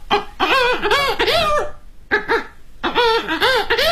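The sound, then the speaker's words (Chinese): A performer's voice mimics clucking hens and a crowing rooster at once, using circular breathing in Chinese kouji vocal mimicry, in three loud bursts of warbling, cackling calls separated by short pauses. “你比如说，老母鸡，是吧？它这种声音，用那个雄鸡的声音。”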